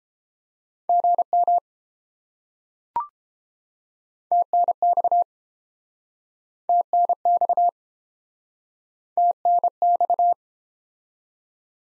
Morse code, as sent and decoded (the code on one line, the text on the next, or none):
--. -- / - -. -..- / - -. -..- / - -. -..-
GM TNX TNX TNX